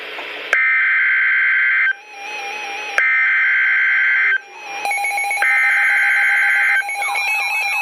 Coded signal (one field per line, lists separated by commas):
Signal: Emergency Alert System (SAME) tones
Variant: header bursts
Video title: Special Marine Warning - 06/18/14 (EAS #735)